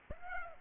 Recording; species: mosquito wingbeat signal from an infrared sensor; Aedes aegypti